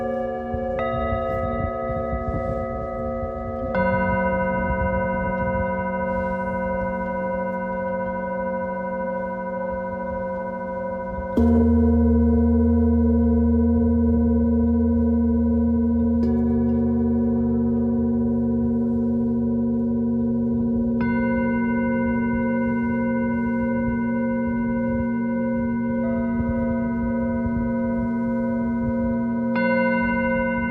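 Singing bowls ring out in long, steady tones that overlap and sustain, with a new bowl struck every few seconds. A low, deep hum enters around eleven seconds and fills the bottom for the rest of the clip, while bright shimmering overtones float above.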